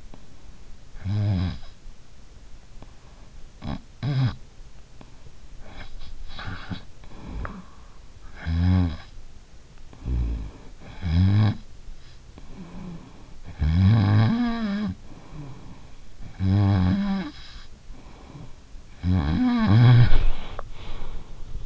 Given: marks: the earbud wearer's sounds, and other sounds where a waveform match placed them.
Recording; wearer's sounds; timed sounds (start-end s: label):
sounds in sleep by an in-ear microphone; snoring breath
0.00-21.66 s: snoring breath